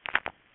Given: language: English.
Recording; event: throat vibration sensor signal played as sound; swallow